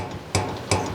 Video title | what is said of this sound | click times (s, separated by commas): Steel Trailer Tongue Box Harbor Freight Item # 62253 Safety and Security | not latching tight I see that | 0.3 s, 0.7 s